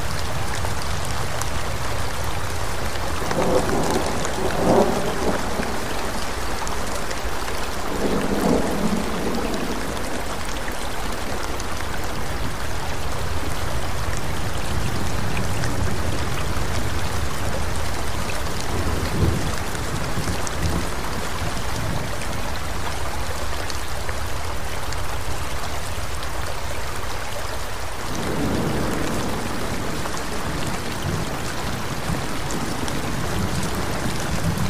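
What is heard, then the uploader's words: Rain falls in a thick, unbroken hiss over a gentle stream, the wash of sound holding at an even level throughout. Soft low swells rise briefly around 3–5, 8, 19 and 28 seconds, like distant thunder rolling faintly beneath the downpour. Sounds of Rain and Thunder in Mystical Forest with Gentle Stream.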